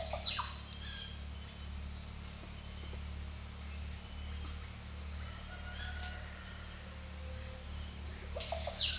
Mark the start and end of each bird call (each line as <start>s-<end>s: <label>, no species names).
0.00s-1.05s: bird call
8.20s-8.99s: bird call